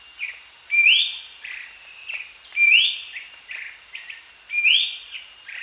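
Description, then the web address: Ferruginous babbler calls: loud rising whistled notes roughly every two seconds, with shorter notes between, over a steady high insect drone. Recorded at Danum on 1 January 2008. "DANUM 20080101. ferruginous babbler"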